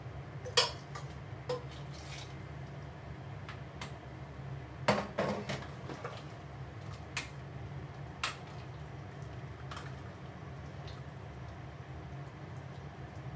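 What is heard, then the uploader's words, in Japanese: Cooking sounds: sharp clinks and clatters of dishes and utensils come irregularly, clustered near the start, around five seconds, and again near seven and eight seconds. Beneath them a steady low hum runs through the whole clip. 料理の音。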